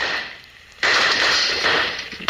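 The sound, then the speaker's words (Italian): Gunfire erupts abruptly after a quiet moment, a loud, dense crackling barrage that runs for well over a second, dips briefly, then bursts in again at the end. No voices. “Non è proprio veleno, un po' di proiettili che viaggiano.”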